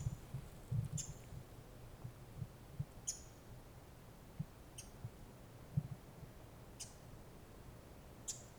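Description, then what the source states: Pacific wren: thin, high, clipped single notes repeated roughly every one to two seconds, with muffled low thumps in the background. Recorded in October on a wilderness walk.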